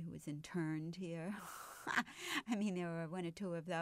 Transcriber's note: she laughs